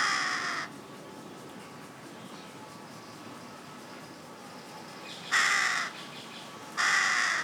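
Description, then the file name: Carrion crow giving a single harsh caw, then a long quiet gap before two more raspy caws near the end. "Corvus corone"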